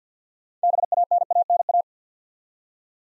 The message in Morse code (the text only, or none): BANANA